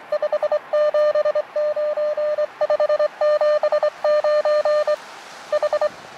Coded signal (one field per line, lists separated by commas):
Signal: Morse code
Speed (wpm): 25 wpm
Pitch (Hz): 600 Hz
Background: radio noise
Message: 579 579 H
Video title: QRP Packtenna & Elecraft KX2 | Long Wire in BIG CHICAGO